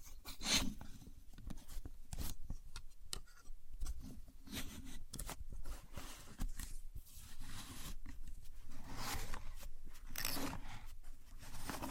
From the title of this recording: Using A Contour Gauge (No Talking)